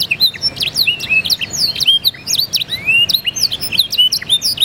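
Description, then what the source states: Green crown song, with fast, overlapping high chirps and rising and falling whistled slurs delivered without pause. Recorded in Purwokerto.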